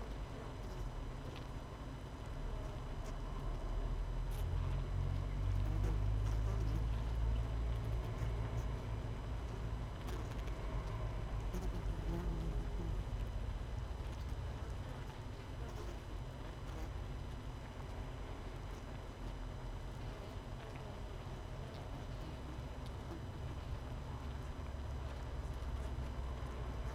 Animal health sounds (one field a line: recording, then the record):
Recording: honeybee colony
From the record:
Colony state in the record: missing queen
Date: 31 May 2018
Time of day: 18:06